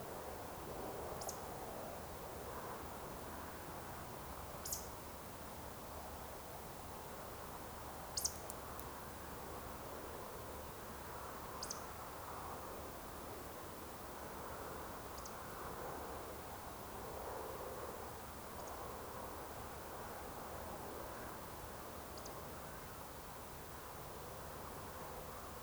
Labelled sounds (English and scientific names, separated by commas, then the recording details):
Eurasian Woodcock (Scolopax rusticola)
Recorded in Baden-Württemberg, Germany, on 30 June 2020 at 20:34 UTC
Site 43791, 788 m above sea level